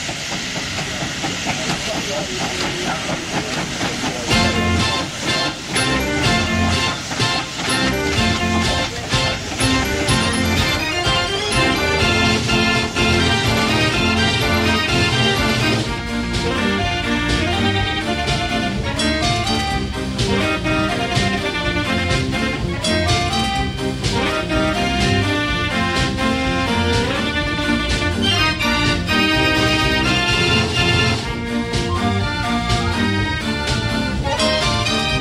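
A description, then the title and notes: Fairground sounds: loud, dense music plays without a break, with a quick regular beat and a bright busy melody over deep bass. A hissing, crowd-like wash sits underneath, and the level stays high throughout. Fairground Sounds.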